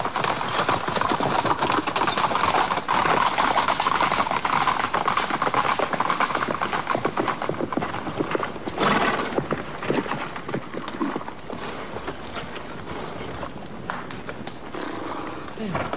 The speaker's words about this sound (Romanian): De-abia am putut strâni calul.